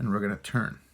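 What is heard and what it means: A trumpet piston valve is pushed down into its valve casing and turned so its guide can find the guide track. Someone talks throughout the clip. The valve has not clicked into the track or seated yet.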